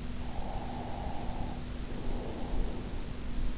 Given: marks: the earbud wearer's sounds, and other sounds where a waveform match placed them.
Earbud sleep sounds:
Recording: sounds in sleep by an in-ear microphone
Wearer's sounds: breath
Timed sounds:
0.13-3.15 s: breath

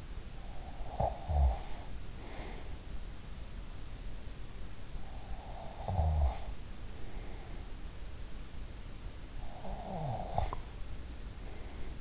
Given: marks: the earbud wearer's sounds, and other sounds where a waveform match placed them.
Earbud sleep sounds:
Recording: sounds in sleep by an in-ear microphone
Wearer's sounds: snoring breath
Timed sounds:
0.00-3.28 s: snoring breath
5.36-7.69 s: snoring breath
9.21-12.01 s: snoring breath

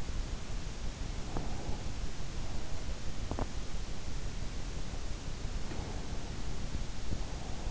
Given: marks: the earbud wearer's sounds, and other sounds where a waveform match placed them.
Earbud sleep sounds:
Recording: sounds in sleep by an in-ear microphone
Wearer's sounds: breath, teeth grinding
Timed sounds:
1.06-2.31 s: breath
3.17-3.82 s: teeth grinding
5.34-7.40 s: breath

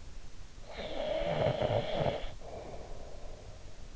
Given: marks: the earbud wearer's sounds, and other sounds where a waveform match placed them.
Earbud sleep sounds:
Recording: sounds in sleep by an in-ear microphone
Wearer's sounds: snoring breath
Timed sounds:
0.38-3.63 s: snoring breath

